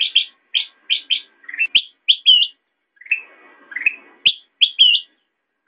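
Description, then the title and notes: Sooty-headed bulbul calls: short bright chirps in pairs and small groups, some warbled rising notes, with gaps between bursts. Used for training songbirds (masteran). "suara burung kutilang buat masteran"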